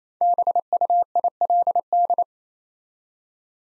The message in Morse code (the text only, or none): BUILD